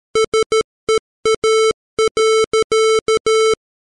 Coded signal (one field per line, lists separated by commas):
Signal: Morse code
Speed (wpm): 13 wpm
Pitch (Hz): 440 Hz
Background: none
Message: SEA.